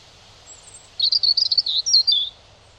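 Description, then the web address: European robin song: one quick, high, sparkling phrase of thin twittering notes lasting just over a second, falling slightly at the end, over quiet background. "Deverinetal 2025 File origin Bird Only Er Ru"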